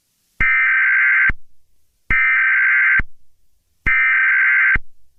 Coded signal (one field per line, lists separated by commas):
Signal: Emergency Alert System (SAME) tones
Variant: header bursts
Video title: EAS scenario: moon (TEASER)